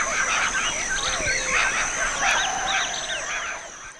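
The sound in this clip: Birds chirping and twittering in a busy chorus, many overlapping short warbled notes with a few longer whistled tones and a steady high hiss.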